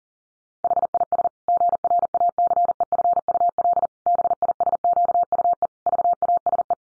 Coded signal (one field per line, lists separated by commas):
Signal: Morse code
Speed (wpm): 40 wpm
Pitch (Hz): 700 Hz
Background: none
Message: HIS GRACEFUL BISQUE VASE